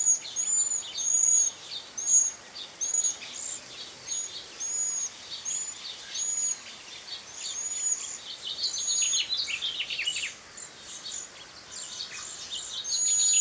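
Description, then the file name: Cedar waxwing calls: many high thin wiry notes, with lower twittering chirps mixed in. "Cedar Waxwing Bombycilla cedrorum"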